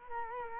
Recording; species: mosquito wingbeat signal from an infrared sensor; Culex quinquefasciatus